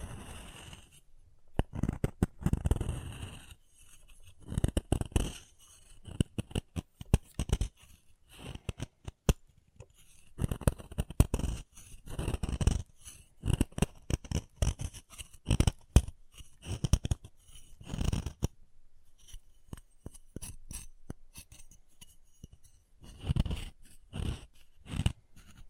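Chalk is carved and cut in uneven bursts of scraping and sharp ticks, with low rubbing sweeps and brief quiet pauses throughout.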